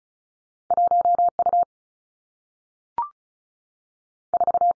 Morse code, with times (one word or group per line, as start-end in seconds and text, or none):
0.7-1.3 1
1.4-1.6 U
4.3-4.7 4